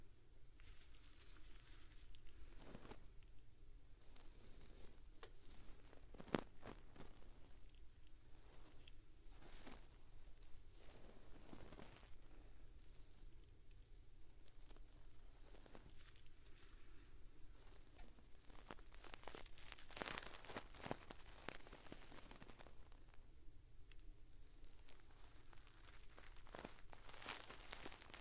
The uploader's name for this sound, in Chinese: 纯耳骚—右耳版（鹅毛棒，挖耳勺）